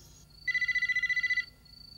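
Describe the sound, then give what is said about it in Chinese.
A telephone at the Fujiwara Tofu Shop rings once with a single electronic burst of rapid, high-pitched warbling pulses lasting about a second, fairly loud over a faint low background hum. “你会打电话俾我啊？”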